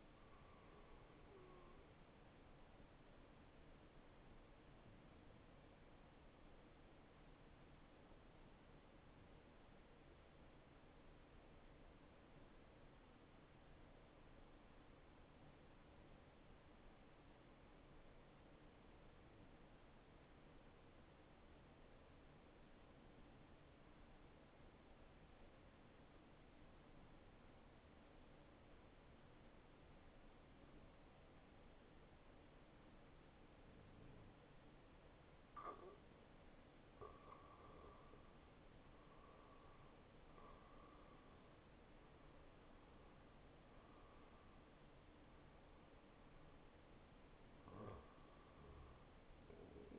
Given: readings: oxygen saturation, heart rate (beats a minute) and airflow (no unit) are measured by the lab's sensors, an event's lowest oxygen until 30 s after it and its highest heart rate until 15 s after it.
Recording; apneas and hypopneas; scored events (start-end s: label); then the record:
breathing in sleep by a voice recorder at the bedside; 1
6.00-37.60 s: hypopnea (N1, oxygen 94% highest, then 89% lowest, heart rate 71 at the start, 74 highest)
From the record:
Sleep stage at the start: N1 (lightest sleep); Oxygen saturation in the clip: 90 to 94%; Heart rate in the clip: 49 to 74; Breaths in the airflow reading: 6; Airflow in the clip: -7.1 to 5.5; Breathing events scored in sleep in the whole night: 263 in 5.5 hours asleep